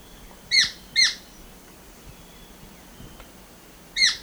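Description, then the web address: Black-billed treehunter uttering harsh, sharp squawking notes: two in quick succession, a gap of three seconds, then a single one. Recorded in Ecuador. "Natures Songs S America Birds of Ecuador Black-billed Treehunter"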